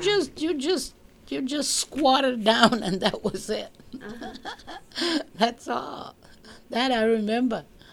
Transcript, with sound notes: You just, you just squatted down and that was it. ( she laughs ) That's all. That I remember,